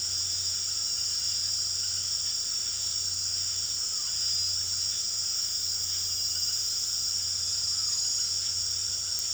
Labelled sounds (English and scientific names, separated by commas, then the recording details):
none
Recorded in pastures near Puerto Asís, Putumayo, Colombia, on 21 March 2025 at 18:30
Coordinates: 0.487, -76.322
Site G077